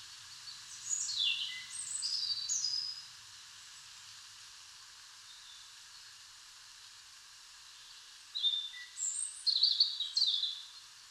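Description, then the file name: European robin song, two high, tinkling, varied phrases of sliding and trilled notes, separated by a silent pause of about five seconds, over soft background hiss. "Erithacus rubecula"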